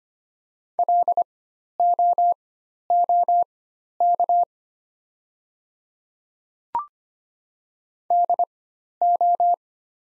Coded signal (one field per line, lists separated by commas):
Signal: Morse code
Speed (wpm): 25 wpm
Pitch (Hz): 700 Hz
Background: none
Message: LOOK DO